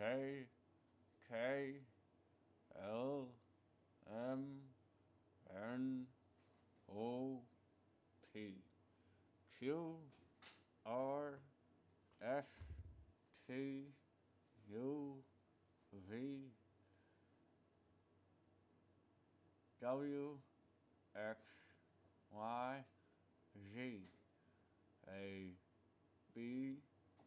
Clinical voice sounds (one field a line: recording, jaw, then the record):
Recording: letters of the alphabet, spoken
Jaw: constrained by a bite bar between the teeth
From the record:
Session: first day, right after the free take